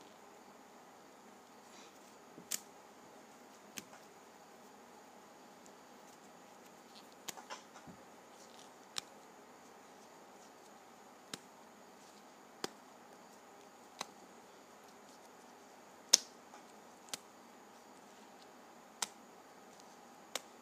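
Pages of a paper pad are flipped one at a time, each turn a short, crisp snap. The snaps come roughly every one to two seconds, sometimes in quick pairs or small clusters, over a faint, steady hiss with a thin high tone.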